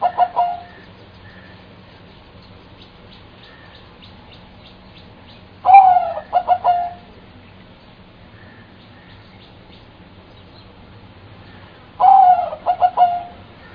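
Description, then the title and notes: Bird phrases spaced about six seconds apart, each a sliding whistle trailing into short pulsed notes, with a steady low hum and faint chirps between. "Bird Sound. Kicau Burung Lengkap"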